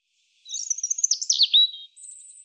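European robin song, a fast high phrase of sibilant twitters and trills dropping into a clear whistle, followed by a thin high note.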